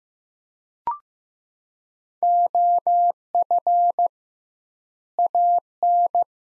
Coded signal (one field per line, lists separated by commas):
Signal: Morse code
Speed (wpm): 15 wpm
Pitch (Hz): 700 Hz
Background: none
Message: OF AN